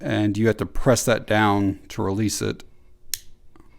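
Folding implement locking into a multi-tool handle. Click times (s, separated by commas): 3.1 s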